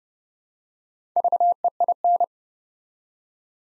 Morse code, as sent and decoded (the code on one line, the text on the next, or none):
...- . .. -.
VEIN